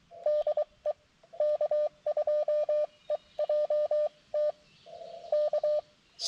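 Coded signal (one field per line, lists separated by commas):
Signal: Morse code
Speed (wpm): 22 wpm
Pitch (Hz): 590 Hz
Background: none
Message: DE K2EJT K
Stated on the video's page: CW Parks on the Air activation with an mcHF transceiver, which has an internal speaker and tuner.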